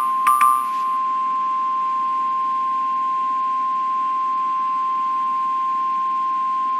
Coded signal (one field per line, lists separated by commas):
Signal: Emergency Alert System (SAME) tones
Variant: 1050 Hz attention tone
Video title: (EAS #11) Snow Squall Warning for Eastern Berks, PA